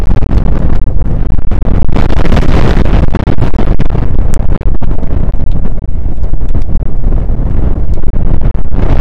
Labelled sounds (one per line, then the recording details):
wind
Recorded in the Prudhoe Bay oil fields, Alaska, on 1 August 2019 at 02:01
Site 29